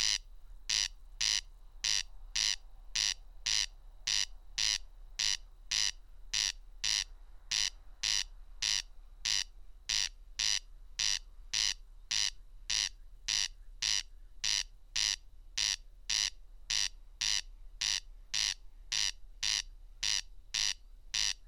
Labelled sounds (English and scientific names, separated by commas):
Corn Crake (Crex crex) song